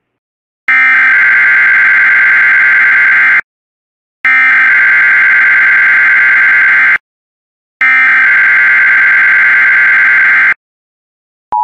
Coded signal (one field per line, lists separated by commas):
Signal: Emergency Alert System (SAME) tones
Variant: header bursts